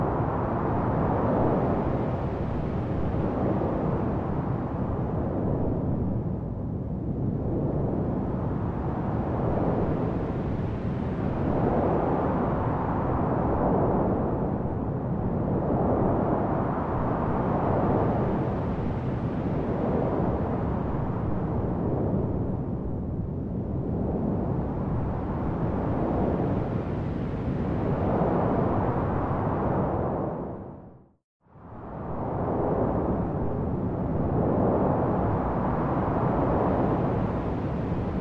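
Dense, steady white noise with slow rhythmic swells every few seconds, low-heavy and rushing, briefly dropping to silence near thirty-one seconds.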